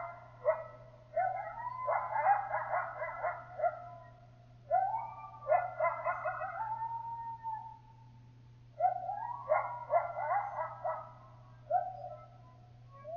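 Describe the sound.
Coyote howls and yips: wavering, rising and falling tonal cries in several bursts, with a steady low hum throughout.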